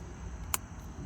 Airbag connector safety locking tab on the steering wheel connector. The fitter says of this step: So this will just click right in.